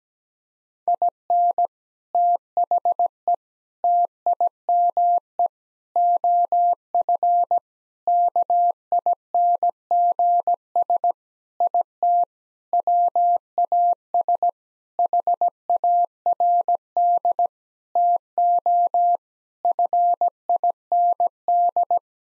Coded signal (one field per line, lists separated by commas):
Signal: Morse code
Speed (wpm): 17 wpm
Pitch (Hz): 700 Hz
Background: none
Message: IN THE TIME OF KINGS IT WAS HARD TO FIND